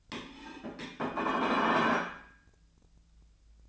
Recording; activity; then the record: daily activity, microphone in the room; place plate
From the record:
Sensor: 2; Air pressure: 1009.2 hPa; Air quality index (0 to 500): 186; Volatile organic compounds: 11 ppm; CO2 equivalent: 2308 ppm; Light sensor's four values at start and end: 23/56/24/26 and 23/56/24/26